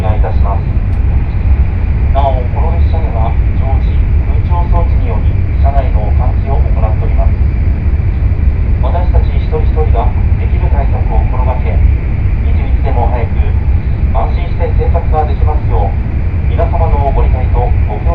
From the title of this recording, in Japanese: 西九州新幹線かもめ25号武雄温泉→長崎